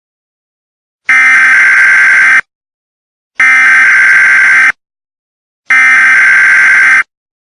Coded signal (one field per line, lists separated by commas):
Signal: Emergency Alert System (SAME) tones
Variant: header bursts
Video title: Local 58 Weather Service EAS (Mere fan work)